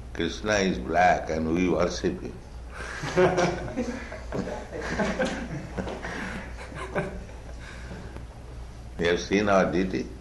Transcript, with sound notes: Kṛṣṇa is black, and we worship Him. [laughter] You have seen our Deity?